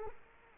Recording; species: mosquito wingbeat signal from an infrared sensor; Culex quinquefasciatus